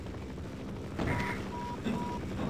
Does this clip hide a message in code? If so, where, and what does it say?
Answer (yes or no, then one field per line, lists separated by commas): no